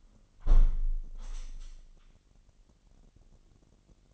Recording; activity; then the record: daily activity, microphone in the room; close window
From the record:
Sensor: 4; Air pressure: 998.9 hPa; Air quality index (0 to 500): 128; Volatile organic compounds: 2 ppm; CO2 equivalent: 1260 ppm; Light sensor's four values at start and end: 8/20/8/9 and 8/20/8/9